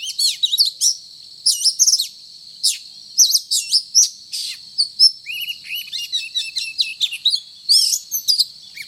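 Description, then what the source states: Oriental magpie-robin in full song, pouring out sweet whistles, downslurred notes and chattering twitters almost without pause. Called kacer locally; described as gacor, actively and vigorously singing.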